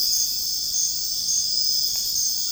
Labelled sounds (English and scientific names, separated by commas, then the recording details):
none
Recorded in dense forest near Puerto Asís, Putumayo, Colombia, on 20 February 2024 at 04:00
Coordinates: 0.485, -76.325
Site G6429